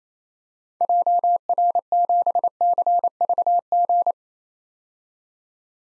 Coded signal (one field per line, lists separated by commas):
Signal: Morse code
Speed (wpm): 28 wpm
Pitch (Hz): 700 Hz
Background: none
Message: JR7CVG